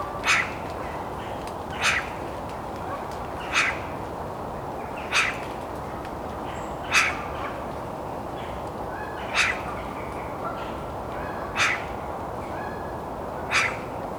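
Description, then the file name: Eurasian magpie giving several single harsh, rasping notes, evenly spaced, over steady background noise. "Pica pica"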